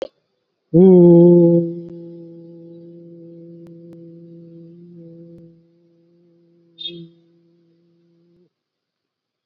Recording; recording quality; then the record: sustained vowel as in boot; excellent, no background noise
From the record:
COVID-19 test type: RT-PCR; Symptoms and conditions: cough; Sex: male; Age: 40 years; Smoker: yes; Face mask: worn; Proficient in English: yes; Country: India